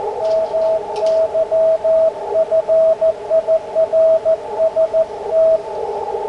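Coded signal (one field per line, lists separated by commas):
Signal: Morse code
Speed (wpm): 15 wpm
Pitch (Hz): 650 Hz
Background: radio noise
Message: MY FIRST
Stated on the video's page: 40 m CW QSO on an ICOM IC-7300, on-air demo.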